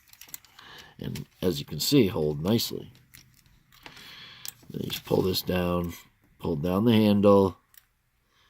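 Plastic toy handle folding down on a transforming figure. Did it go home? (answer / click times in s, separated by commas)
no / none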